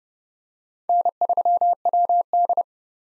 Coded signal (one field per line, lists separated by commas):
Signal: Morse code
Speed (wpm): 30 wpm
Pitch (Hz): 700 Hz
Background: none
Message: N3WD